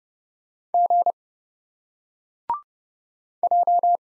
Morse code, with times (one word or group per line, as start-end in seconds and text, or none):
0.7-1.1 G
3.4-4.0 J